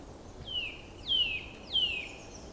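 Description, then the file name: Eurasian nuthatch calls: three sharp, downward-sliding whistled notes, spaced about two thirds of a second apart, over faint steady background hiss. "Sitta europaea"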